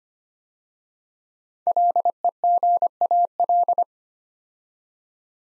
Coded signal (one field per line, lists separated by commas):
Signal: Morse code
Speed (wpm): 25 wpm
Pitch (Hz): 700 Hz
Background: none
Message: LEGAL